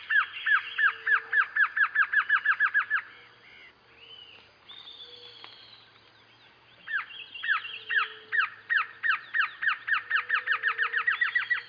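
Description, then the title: Glossy antshrike: a fast series of sharp downslurred notes, then a pause with softer sounds, then another long series. Subspecies araguayae. "LuckyPassaro Completos2Sama. Glossy Antshrike (Sakesphorus luctuosus araguayae)"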